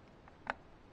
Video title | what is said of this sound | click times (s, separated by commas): Turbo PT Cruiser Tuneup, Plugs, Wires, Coil Pack | Nice positive click. | 0.5 s